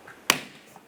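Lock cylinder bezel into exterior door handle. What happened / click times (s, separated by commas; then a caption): The plastic bezel snapped into place / 0.3 s. A new plastic lock bezel is aligned over the lock cylinder and pressed into the front left exterior door handle of a 2007-2012 Nissan Versa until its locking tabs engage. A single sharp, bright click sounds at 0.3 s and decays quickly into quiet. The bezel is seated, and the lock stays in it when pushed.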